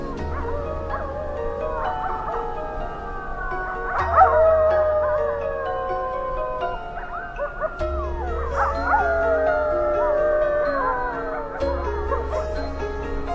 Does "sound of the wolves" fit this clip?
yes